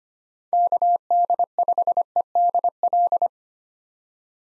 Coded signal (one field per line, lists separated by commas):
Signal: Morse code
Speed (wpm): 25 wpm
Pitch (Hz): 700 Hz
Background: none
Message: KD5EDL